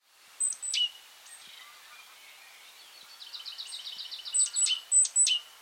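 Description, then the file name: Great tit calls: thin, high, sharp notes dropping in pitch, with a soft, fast chattering run in the middle. "Parus major"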